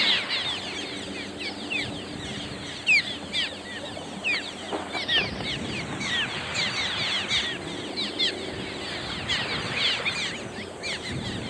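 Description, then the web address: Cliff swallows chattering, many overlapping short downward chirps forming a continuous busy chorus. "swallows clsw"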